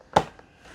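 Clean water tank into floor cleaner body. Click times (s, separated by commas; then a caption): 0.2 s. The clean water tank of a Bissell Cordless CrossWave OmniForce Edge 3930F wet-dry vacuum is set into the floor cleaner body bottom first and rotated up until it latches. One sharp, loud click at 0.2 s marks the tank seating, followed by a faint tick around 0.4 s and then quiet. The tank clicks into place.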